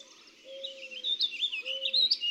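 Warbling vireo singing a quick, slurred warble, overlapped by two steady low whistled notes.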